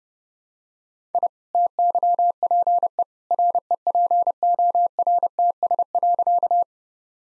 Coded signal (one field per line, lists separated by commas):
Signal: Morse code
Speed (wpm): 30 wpm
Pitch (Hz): 700 Hz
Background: none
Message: I TYPE REPORTS.